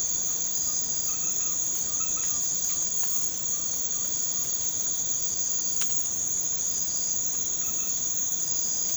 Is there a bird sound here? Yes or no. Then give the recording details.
yes. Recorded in pastures near Puerto Asís, Putumayo, Colombia, on 12 March 2025 at 00:30. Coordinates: 0.505, -76.324. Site GP08